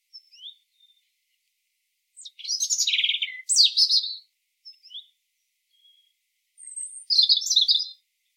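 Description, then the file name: European robin song, with short thin whistles followed by rich, rapid twittering phrases that rise and fall, repeated in bursts. "Erithacus rubecula"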